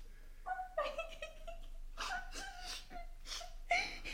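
In a radio play, a woman playing a princess cries and whimpers in a string of short, high, wavering sobs broken by catching breaths, rising and falling in pitch over a few seconds with no words.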